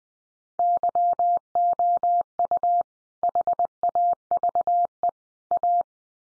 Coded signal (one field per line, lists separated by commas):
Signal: Morse code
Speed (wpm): 20 wpm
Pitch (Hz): 700 Hz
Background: none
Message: YOU HAVE A